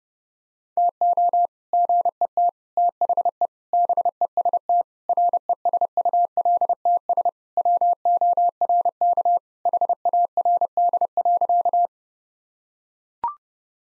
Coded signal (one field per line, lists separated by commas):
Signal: Morse code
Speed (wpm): 30 wpm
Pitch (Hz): 700 Hz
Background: none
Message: TO GET THE BEST RESULTS WORK HARD.